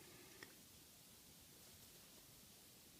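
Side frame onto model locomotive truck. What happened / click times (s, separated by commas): A small plastic part snapped into place / 0.4 s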